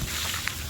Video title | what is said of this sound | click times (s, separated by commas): How to make carrot juice follow friends health is wealth give priority home foods carrot juice | ఇందులో ఇలా కూర్చోవాలి సరిగ్గా అందులో కూర్చుంటే అది లాక్ అవుతుంది అన్నమాట అది | 0.5 s